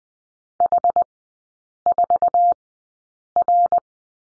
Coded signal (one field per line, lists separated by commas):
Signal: Morse code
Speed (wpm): 20 wpm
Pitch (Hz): 700 Hz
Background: none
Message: H4R